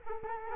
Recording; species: mosquito wingbeat signal from an infrared sensor; Culex quinquefasciatus